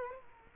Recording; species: mosquito wingbeat signal from an infrared sensor; Culex quinquefasciatus